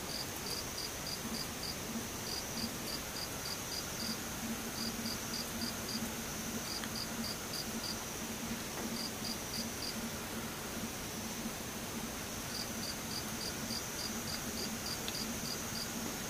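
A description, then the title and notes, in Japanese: A chorus of insects fills the whole recording with a dense, steady hiss of chirping. High, rapid trills repeat in regular bursts every second or so, while a lower pulsing chirp runs alongside, pausing briefly now and then. The level stays even throughout. ムシ合唱。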